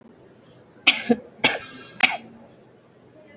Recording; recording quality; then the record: shallow voluntary cough; moderate, slight background noise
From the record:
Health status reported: healthy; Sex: female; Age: 24 years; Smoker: no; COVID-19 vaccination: both doses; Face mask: worn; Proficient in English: yes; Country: India